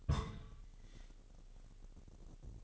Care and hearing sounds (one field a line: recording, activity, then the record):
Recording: daily activity, microphone in the room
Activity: place on stove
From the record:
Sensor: 4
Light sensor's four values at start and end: 18/50/19/21 and 18/50/19/21